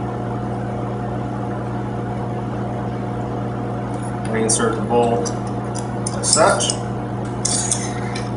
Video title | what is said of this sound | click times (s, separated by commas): CMMG AR-15 .22 Bolt Insert | push it in you'll feel it and you'll actually feel it and you'll hear a click | 7.5 s, 7.7 s